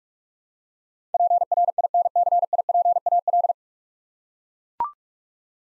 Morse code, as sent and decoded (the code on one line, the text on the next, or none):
.--. .-. .. -. -.-. .. .--. .- .-..
PRINCIPAL